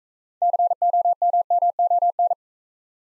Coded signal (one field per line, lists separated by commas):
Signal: Morse code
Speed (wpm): 39 wpm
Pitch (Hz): 700 Hz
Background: none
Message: COMMON